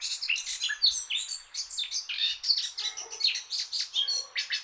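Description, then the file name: Eurasian blackcap song: dense, rapid warbling with sharp chirps and high scratchy notes, steady and unbroken, with a few low buzzy notes in the second half. "Sylvia atricapilla"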